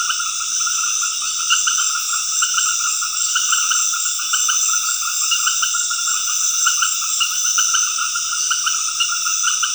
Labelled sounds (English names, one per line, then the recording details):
none
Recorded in dense forest near Puerto Asís, Putumayo, Colombia, on 13 March 2025 at 20:30
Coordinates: 0.481, -76.323
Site G088